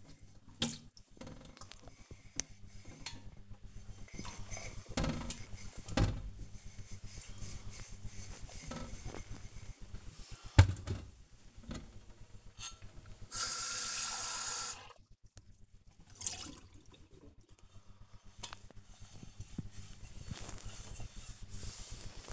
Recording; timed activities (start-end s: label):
household activities, microphone on the right wrist
0.00-22.33 s: washing dishes